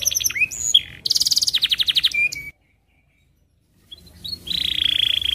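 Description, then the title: Atlantic canary song, bright high trills and rapid pulsed notes with sweeping whistles, broken by a silent gap of over a second before a sustained trill. Canary song, lively, with varied ornamented phrases and rich filler notes. "Kenari Gacor Cengkok Terbaik Isian Paling Mewah"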